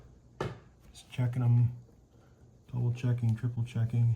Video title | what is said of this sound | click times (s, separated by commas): Yarbo Tear down - Inside Yarbo 2024 Core | They'll make a little click noise. | 0.4 s